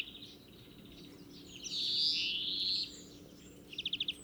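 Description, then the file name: European greenfinch giving a long, harsh buzzy wheeze lasting over a second, followed by a short quick trill, with a low steady hum underneath. "Chloris chloris"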